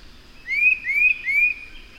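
Bird singing three rising whistled notes in an even row, each a short upward slide, over low background noise.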